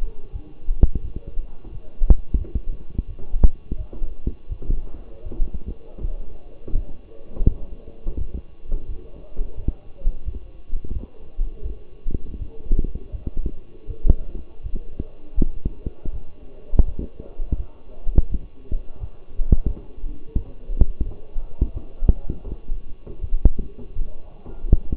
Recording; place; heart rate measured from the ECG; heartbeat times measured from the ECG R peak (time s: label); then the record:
heart sounds by stethoscope; between the tricuspid and mitral areas; 84 bpm
0.32 s: heartbeat
1.01 s: heartbeat
1.71 s: heartbeat
2.38 s: heartbeat
3.06 s: heartbeat
3.77 s: heartbeat
4.48 s: heartbeat
5.24 s: heartbeat
6.01 s: heartbeat
6.74 s: heartbeat
7.47 s: heartbeat
8.18 s: heartbeat
8.87 s: heartbeat
9.56 s: heartbeat
10.24 s: heartbeat
10.93 s: heartbeat
11.62 s: heartbeat
12.38 s: heartbeat
13.11 s: heartbeat
13.86 s: heartbeat
14.62 s: heartbeat
15.35 s: heartbeat
16.11 s: heartbeat
16.85 s: heartbeat
17.56 s: heartbeat
18.28 s: heartbeat
18.99 s: heartbeat
19.67 s: heartbeat
20.35 s: heartbeat
21.05 s: heartbeat
21.73 s: heartbeat
22.44 s: heartbeat
23.21 s: heartbeat
23.94 s: heartbeat
24.71 s: heartbeat
From the record:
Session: walking at 3.7 km/h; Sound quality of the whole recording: partially saturated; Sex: male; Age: 24 years